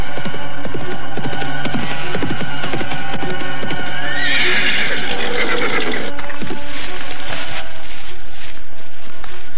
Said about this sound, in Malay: Baru saja ia bersiap hendak bertindak, dari kejauhan terdengar derap kuda mendekat.